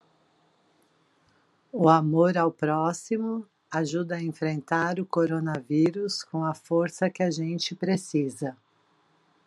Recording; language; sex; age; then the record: spoken sentence; Brazilian Portuguese; female; 50 to 59 years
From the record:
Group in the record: control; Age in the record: 56 years